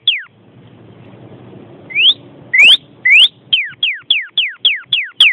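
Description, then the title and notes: Bird song: a few upslurred whistles with sharp clicks, then a steady series of falling whistled notes. "Bird Sound. Kicau Burung Lengkap"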